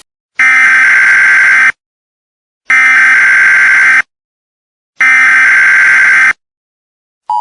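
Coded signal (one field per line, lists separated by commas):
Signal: Emergency Alert System (SAME) tones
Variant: header bursts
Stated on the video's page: Fictional EAS scenario about a plague outbreak, a simulated alert.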